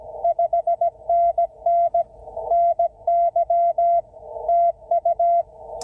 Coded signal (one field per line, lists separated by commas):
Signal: Morse code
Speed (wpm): 19 wpm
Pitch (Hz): 680 Hz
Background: none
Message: 5NN NY TU